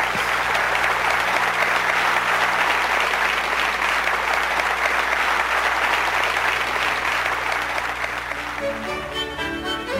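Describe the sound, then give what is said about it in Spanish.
An audience applauds steadily for about nine seconds, a dense, even wash of clapping at constant loudness that thins out slightly at the very end. “Un aplauso”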